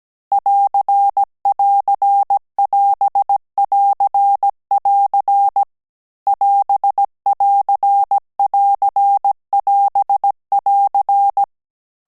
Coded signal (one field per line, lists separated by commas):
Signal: Morse code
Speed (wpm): 17 wpm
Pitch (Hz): 800 Hz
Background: none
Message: <AR><AR><AS><AR><AR> <AS><AR><AR><AS><AR>